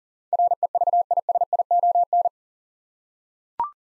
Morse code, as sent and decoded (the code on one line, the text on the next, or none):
.-. . ...- .. ... .. --- -.
REVISION